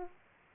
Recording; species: mosquito wingbeat signal from an infrared sensor; Aedes aegypti